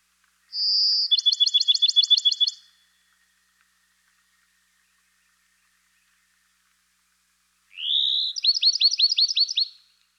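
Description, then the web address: Bachman's sparrow singing two phrases, each a clear whistled note leading into a fast trill of repeated notes, with a pause of several seconds between them. Eastern North America. "Dan Gibson Wildlife Identification By Sound, Eastern North America Pt 2. Bachman's Sparrow"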